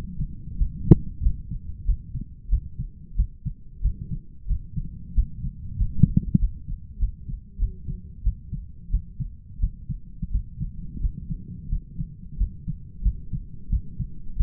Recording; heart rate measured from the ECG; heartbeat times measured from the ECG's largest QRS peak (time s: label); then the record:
heart sounds by stethoscope; 91 bpm
0.57 s: heartbeat
1.22 s: heartbeat
1.85 s: heartbeat
2.49 s: heartbeat
3.16 s: heartbeat
3.81 s: heartbeat
4.47 s: heartbeat
5.14 s: heartbeat
5.77 s: heartbeat
6.39 s: heartbeat
6.99 s: heartbeat
7.58 s: heartbeat
8.23 s: heartbeat
8.90 s: heartbeat
9.59 s: heartbeat
10.31 s: heartbeat
11.00 s: heartbeat
11.69 s: heartbeat
12.37 s: heartbeat
13.02 s: heartbeat
13.70 s: heartbeat
14.37 s: heartbeat
From the record:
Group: healthy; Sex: male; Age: 23 years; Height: 179 cm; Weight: 87 kg